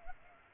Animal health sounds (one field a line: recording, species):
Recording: mosquito wingbeat signal from an infrared sensor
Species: Culex pipiens